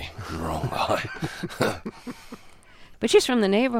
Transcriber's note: soundbite of laughter